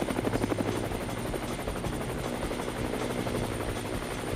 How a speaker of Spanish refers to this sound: Ya no será necesario, Sensei. El helicóptero ya viene.